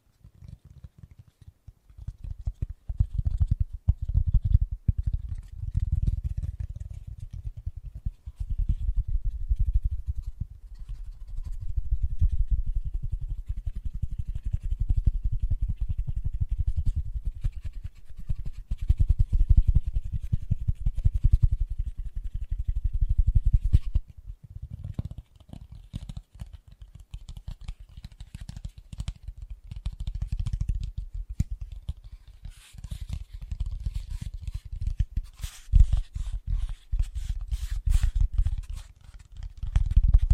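Fast, gentle tapping runs through the whole clip as a dense, rapid patter of soft, low, muffled hits. Brighter, crisper clicks come through more often after about 25 seconds, especially around 30 to 38 seconds, and the level dips briefly near 24 seconds.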